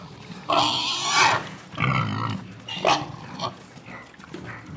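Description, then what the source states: Pigs squealing in harsh bursts, a long cry followed by shorter squeals, with low grunts between them. Piglets.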